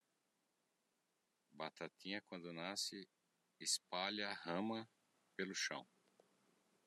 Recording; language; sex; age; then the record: short text; Brazilian Portuguese; male; 50 to 59 years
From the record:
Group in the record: control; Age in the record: 50 years